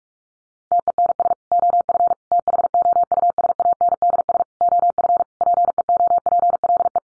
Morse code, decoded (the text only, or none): TENS OF THOUSANDS OF PEOPLE